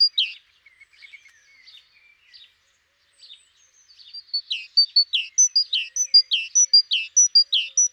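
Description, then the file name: Great tit with soft, scattered notes at first, then a quickening series of high whistles paired with lower downward-sweeping notes. "Parus major"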